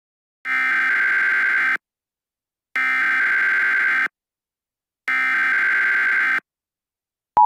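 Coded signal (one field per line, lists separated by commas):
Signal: Emergency Alert System (SAME) tones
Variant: header bursts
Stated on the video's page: Fictional scenario.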